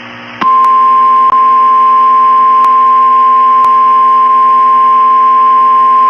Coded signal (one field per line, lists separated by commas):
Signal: Emergency Alert System (SAME) tones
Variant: 1050 Hz attention tone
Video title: EAS Flash Flood Warning issued for Miami FL, Broward FL